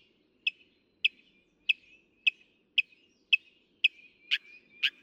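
Northern mockingbird song of short, bright chips given about every half second, followed by two broader, harsher notes at the end.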